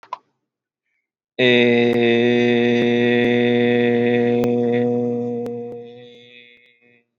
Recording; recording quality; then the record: sustained vowel as in made; excellent, no background noise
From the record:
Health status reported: healthy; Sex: male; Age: 31 years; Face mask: not worn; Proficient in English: yes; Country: India